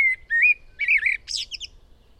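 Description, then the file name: Eurasian blackbird song phrase: a steady whistled note, then a rich warbling flourish ending in thin, high squeaky notes. "Turdus merula"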